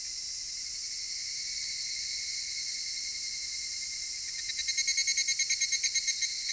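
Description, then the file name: Cicadas singing in a dense, shrill, continuous buzz; near the end a loud rapidly pulsing phrase rises over the steady drone. Cicadas recorded in Japan. "Cigales nippon"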